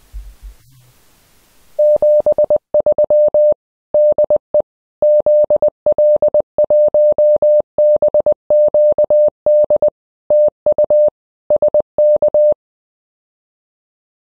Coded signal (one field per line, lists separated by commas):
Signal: Morse code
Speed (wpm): 20 wpm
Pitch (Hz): 600 Hz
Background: none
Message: 73 DE ZL1BQD TU SK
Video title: Kermadec Island 1984 DXpedition - ZL8BQD